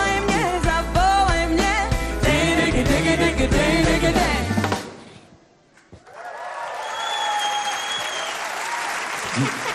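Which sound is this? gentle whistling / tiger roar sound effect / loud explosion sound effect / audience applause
audience applause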